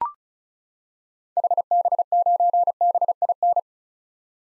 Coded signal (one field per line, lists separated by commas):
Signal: Morse code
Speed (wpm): 36 wpm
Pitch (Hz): 700 Hz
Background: none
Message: HB9BIN